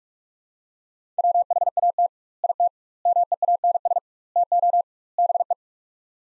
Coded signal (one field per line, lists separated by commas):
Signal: Morse code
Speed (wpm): 46 wpm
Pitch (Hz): 700 Hz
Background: none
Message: WHAT IT MEANS TO BE